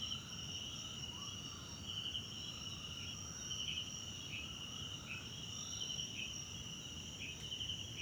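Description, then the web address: Crickets ring steadily in a high, shimmering chorus while short chirps repeat below them, over low rumbling ambience. South African crickets in the background at night in a wetland park at Kosi Forest Lodge, South Africa. "Tonschliff - SOUTH AFRICAN CRICKETS BG South Africa Wetland Park Kosi Forest Lodge Night"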